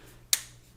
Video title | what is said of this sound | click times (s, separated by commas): Samsung Galaxy Note 4 Mid Frame Replacement | you hear that there we go all the way around make sure it's nice and secure all the | 0.3 s